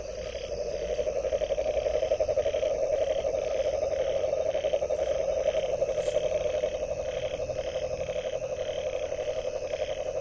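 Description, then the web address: Frog calling, a dense low buzzing pulse that keeps going throughout, with softer higher rhythmic calls and a steady background hum. Recorded 23 January 2022 between 21:00 and 23:00. "frog rec 21-23 20220123"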